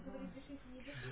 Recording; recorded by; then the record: voluntary cough; telephone call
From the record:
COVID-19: negative